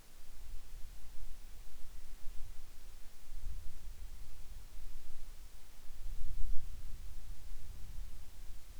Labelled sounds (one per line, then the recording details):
near silence
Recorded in the Arctic National Wildlife Refuge, Alaska, on 10 July 2019 at 18:50
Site 44